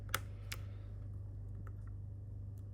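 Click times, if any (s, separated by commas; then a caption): 0.1 s, 0.5 s. While reassembling a Motorola Razr 40 Ultra during an inner screen replacement, a flex cable connector is pressed down onto its socket on the phone mainboard. Two sharp, short clicks at 0.2 s and 0.5 s are followed by a few faint ticks over a steady low hum. The board-to-board connector seats into place.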